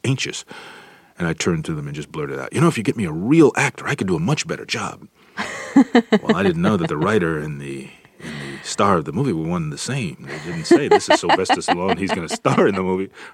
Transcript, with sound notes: And I turned to them and just blurted out, you know, if you get me a real actor, I could do a much better job.
(Laughter).
Well, I didn't know that the writer and the star of the movie were one and the same. They didn't say this is Sylvester Stallone. He's going to star in the movie.